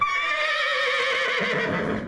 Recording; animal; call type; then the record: contact call of a hoofed animal; horse; whinny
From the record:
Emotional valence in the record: positive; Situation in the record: reunion with the whole group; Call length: 2.1 s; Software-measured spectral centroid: 2270 Hz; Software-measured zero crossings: 3260 a second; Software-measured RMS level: -24 dBFS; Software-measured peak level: -10 dBFS